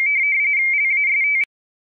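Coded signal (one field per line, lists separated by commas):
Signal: RTTY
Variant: Baudot, 170 Hz shift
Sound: rapid warbling between two close high tones, then abrupt stop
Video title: Decoding the ITTY Broadcasts at RTTY.com under Ubuntu Linux using minimodem.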